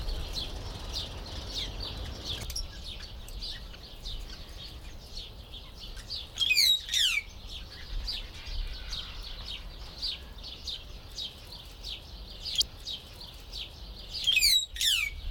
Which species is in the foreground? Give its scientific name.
Dinemellia dinemelli